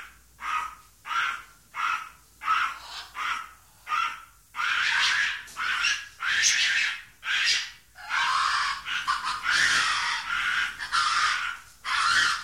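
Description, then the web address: Monkey calls in short, regular raspy barks at first, then louder, longer and shriller screams crowding together toward the end. "audio animali scimmie scimmie monkey"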